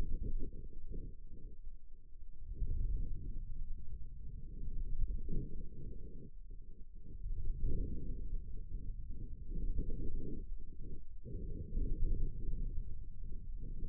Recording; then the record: forearm muscle sounds (acoustic myography)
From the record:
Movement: ulnar deviation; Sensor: system 2, bracelet of six BSWA MPA416 microphones around the upper forearm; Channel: 4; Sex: male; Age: 22 years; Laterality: right